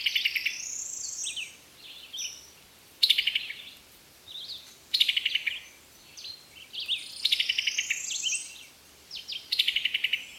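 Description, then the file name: Summer tanager song: sweet, slurred whistled phrases mixed with short buzzy notes, given in bursts with brief pauses over roughly ten seconds. "طائر التانجر الصيفي"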